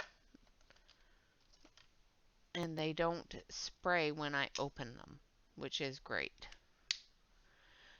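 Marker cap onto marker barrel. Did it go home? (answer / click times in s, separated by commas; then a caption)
yes / 6.9 s. A plastic cap is pushed back onto the barrel of an Art Beek alcohol marker and snaps shut with a single sharp click at 6.9 s, showing it is closed properly. Someone talks before the click, and a few faint ticks are heard in the first two seconds.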